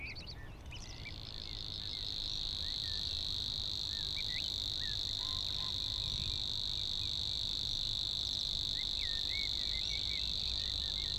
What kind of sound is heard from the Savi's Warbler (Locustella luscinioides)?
song